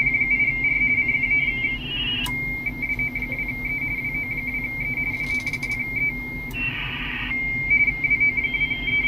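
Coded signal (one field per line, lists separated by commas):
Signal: RTTY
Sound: rapid warbling two-tone teletype chatter with interfering tones and bursts of static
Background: radio static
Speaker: was coming in with a lot of qrm so I was not printing him correctly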